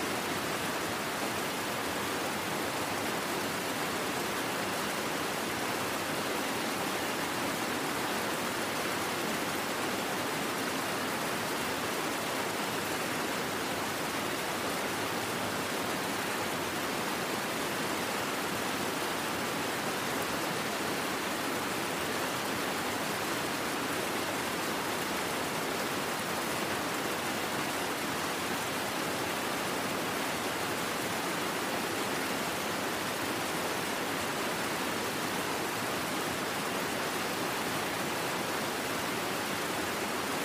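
A river rushes in a dense, unbroken hiss, bright and constant for the full forty seconds, with no distinct splashes or pauses.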